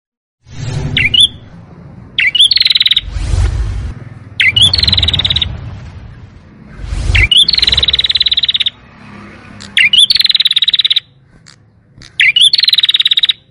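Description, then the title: Canary song in repeated buzzy trilled bursts, interrupted by loud low thumping or rustling noises. Belgian canary song used to stimulate young canaries to sing. "Canto Para Esquentar Canário Belga. CUITAN KENARI MERANGSANG BUNYI KENARI PAUD. PANCINGAN KENARI AGAR GACOR"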